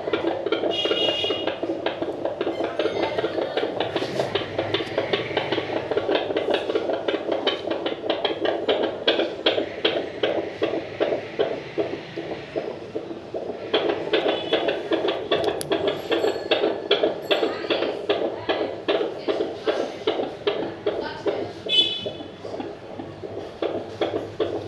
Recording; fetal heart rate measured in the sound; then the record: fetal heartbeat by stethoscope microphone, probably a fetal Doppler's sound; 154 bpm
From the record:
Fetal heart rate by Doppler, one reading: 140 bpm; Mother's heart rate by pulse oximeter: 105 bpm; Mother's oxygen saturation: 100%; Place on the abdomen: bottom middle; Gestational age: 37+ weeks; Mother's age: 24 years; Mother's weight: 65 kg